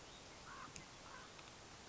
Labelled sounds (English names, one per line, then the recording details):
Common Raven
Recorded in Sonoma County, California